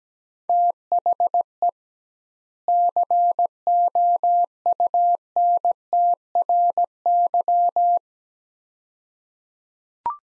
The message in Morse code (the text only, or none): THE COUNTRY